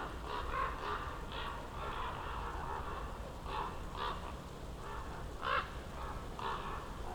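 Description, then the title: Common raven calling: coarse, grating croaks in a steady series, some louder than others, over low steady noise. Ravens circling above a mountain slope for over ten minutes at Patnik mountain side, Goworów, Poland, on a New Year's walk; recordist crouched among young beeches; Zoom F4, AT BP4025. "Patnik mountain side, Goworów, Poland - Circling ravens"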